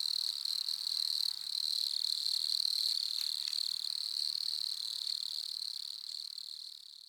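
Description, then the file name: Wood cricket song, an unbroken soft churring trill that carries on steadily, then fades at the end. "grillon des bois nemobius sylvestris. naturophonia"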